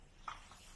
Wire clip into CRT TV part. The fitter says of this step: பண்ணோன்னா டப்புன்னு ஒரு சவுண்டு கேட்கும். டப் உள்ள இருக்க இது.